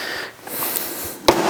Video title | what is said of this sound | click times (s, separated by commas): Noisy Wahoo KickR V4 0 Turbo Trainer Refurb | I heard it click | 1.3 s